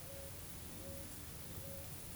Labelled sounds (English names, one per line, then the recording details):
Eared Dove
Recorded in forest near Pivijay, Magdalena, Colombia, on 5 June 2023 at 15:00
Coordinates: 10.467, -74.380
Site Z5-G034